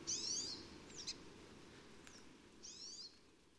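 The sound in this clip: Pine Siskin calls: two short notes about two and a half seconds apart, with a couple of fainter thin sounds between, over low background noise.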